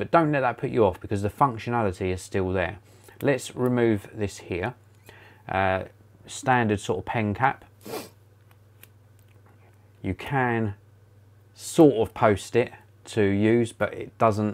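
Someone talks while the plastic cap is taken off a Livescribe Aegir Pro Edition smartpen and posted onto the back end of the pen, with faint handling sounds between about 7.8 and 9.5 s. The cap sits on the pen end but does not click into place, so nothing has seated or clicked.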